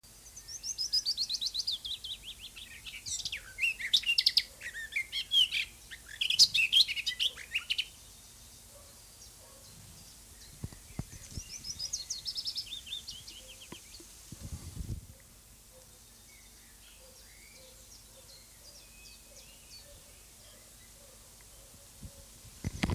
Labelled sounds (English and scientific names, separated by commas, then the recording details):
Willow Warbler (Phylloscopus trochilus) song, Garden Warbler (Sylvia borin)
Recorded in the wild
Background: Sylvia borin
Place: Oehrenstock/Langewiesen, Thüringer Wald, Thüringen, DE
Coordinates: 50.6603, 10.9428
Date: 2003-05-23 19:23
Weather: overcast, intermittent rain, 12 - 16°C
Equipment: Fair Mate ST-1328 (Asahi Electronics, Japan), Sennheiser ME 80, Kopie Uher 4000 Report Monitor
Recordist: Tembrock, Günter
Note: 5:24 - 6:53 min)